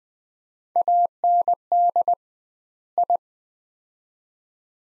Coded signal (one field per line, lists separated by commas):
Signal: Morse code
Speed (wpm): 20 wpm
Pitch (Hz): 700 Hz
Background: none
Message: AND I